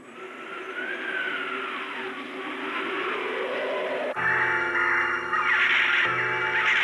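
Harsh bird calls, like crows cawing, rise over a steady rushing background as birds flee their habitats around midday, turning louder and more tonal partway through, with layered, buzzy calls continuing to the end.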